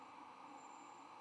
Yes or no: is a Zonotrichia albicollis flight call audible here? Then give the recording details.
no. No flight call is heard. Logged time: 02:43 on 9 November 2014